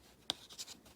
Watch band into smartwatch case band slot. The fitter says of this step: and once you've slid it in you should hear a click sound